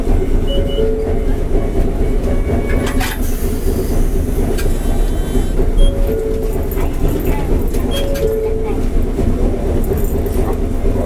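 A tram running: a steady, dense low rumble that stays level throughout. Brief two-note tones come at the start, near six seconds and near eight seconds, sharp rail clatters mark about three, five and ten seconds, and a voice murmurs faintly underneath.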